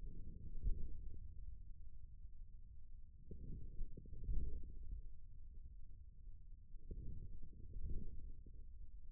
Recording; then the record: forearm muscle sounds (acoustic myography)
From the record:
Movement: forearm pronation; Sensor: system 1, eight BSWA MPA416 microphones around the upper forearm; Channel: 6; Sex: male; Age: 41 years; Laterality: right